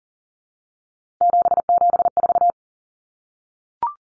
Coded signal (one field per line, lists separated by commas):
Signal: Morse code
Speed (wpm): 40 wpm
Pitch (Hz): 700 Hz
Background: none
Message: 774